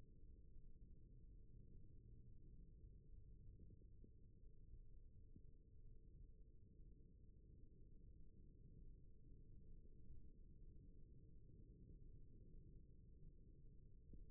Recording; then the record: forearm muscle sounds (acoustic myography)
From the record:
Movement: rest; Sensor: system 1, eight BSWA MPA416 microphones around the upper forearm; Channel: 7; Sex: female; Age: 22 years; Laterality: right